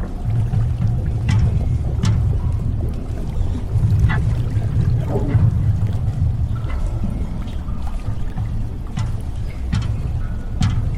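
A damaged underwater lab hums with a heavy, steady low rumble that never lets up. Over it, short metallic creaks and clicks pop up irregularly, a few each second at times, with a brief rising whine near four and five seconds.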